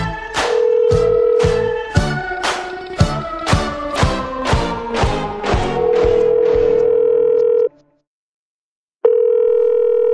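A steady telephone line tone of an outgoing call hums under a quick run of bright, rhythmic keypad beeps, then cuts to silence for about a second before the flat tone returns. No one speaks.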